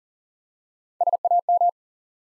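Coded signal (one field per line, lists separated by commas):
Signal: Morse code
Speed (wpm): 40 wpm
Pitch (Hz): 700 Hz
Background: none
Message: SAM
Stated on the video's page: Morse practice set at 40 wpm, building 4-letter words one letter at a time for instant character recognition.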